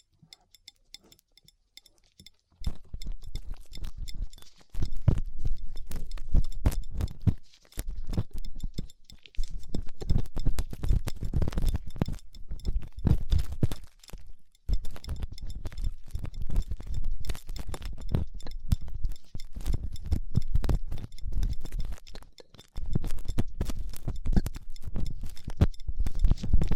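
Ear cleaning sounds with latex gloves, a dental pick and cotton swabs: dense, crackly rubbing and scratching that starts after about three seconds and runs almost continuously, broken by brief pauses near 8, 14 and 23 seconds. Quick irregular clicks and rustles pile up throughout.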